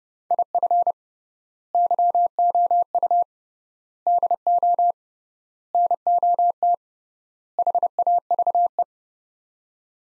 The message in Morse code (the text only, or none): IF YOU DO NOT HAVE